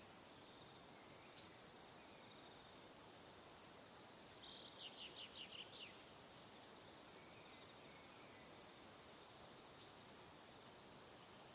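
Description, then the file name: Crickets chirping in a steady high-pitched trill, with a brief burst of quick repeated chirps near the middle over a soft background hiss. Crickets chirping in the evening. "Calm - Evening Crickets"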